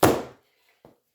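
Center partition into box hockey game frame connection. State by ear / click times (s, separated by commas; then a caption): seated / 0.0 s. The center partition of a wooden board box hockey game is stepped down on hard and pressed into its connection in the frame, giving a loud snapping thunk at 0.0 s that rings and fades over about a third of a second. A much fainter knock follows near 0.8 s. The partition snaps into place and is seated.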